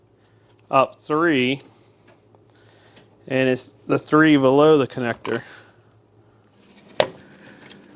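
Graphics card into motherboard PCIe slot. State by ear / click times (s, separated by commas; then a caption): seated / 7.0 s. After the expansion slot cover plates are removed, a graphics card is pushed into the motherboard's PCIe slot while someone talks. A sharp click is heard at 7.0 s as the card seats in the slot.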